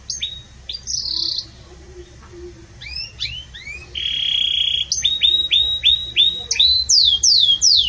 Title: Canto Canário Belga Campainha Puro Com Pausa Para Treinamento